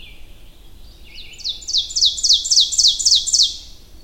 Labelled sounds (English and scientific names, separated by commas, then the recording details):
Ovenbird (Seiurus aurocapilla) song
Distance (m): 5 m
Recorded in boreal forest in Alberta, Canada, on 22 June 2016 at 05:30
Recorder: SongMeter 3, array SBT-6-76
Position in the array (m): 148 m, 110 m
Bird 3